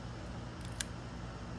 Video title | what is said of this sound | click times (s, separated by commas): Erin Condren and Dear Planner unboxing. | yep it's got a little magnet in it that you put that on there and it pulls it back into place hear the click | 0.8 s